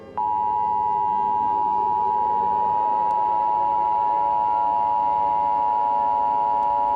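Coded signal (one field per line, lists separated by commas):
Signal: Emergency Alert System (SAME) tones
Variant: 853 and 960 Hz attention tone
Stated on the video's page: EAS scenario, a fictional nuclear supervolcano alert.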